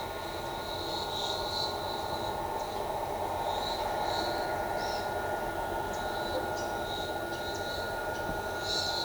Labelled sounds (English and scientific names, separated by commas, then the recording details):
Pale-eyed Pygmy Tyrant (Atalotriccus pilaris)
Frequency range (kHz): Pale-eyed Pygmy Tyrant (Atalotriccus pilaris) 3.7-8.2 kHz
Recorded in shrubland near Pivijay, Magdalena, Colombia, on 16 April 2023 at 15:00
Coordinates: 10.453, -74.365
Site P5-G022